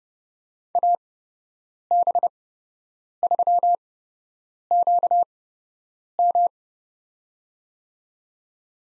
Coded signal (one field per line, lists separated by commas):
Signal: Morse code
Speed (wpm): 30 wpm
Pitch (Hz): 700 Hz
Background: none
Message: AB3QM